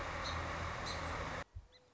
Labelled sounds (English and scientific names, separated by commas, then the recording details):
Song Sparrow (Melospiza melodia)
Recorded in Sonoma County, California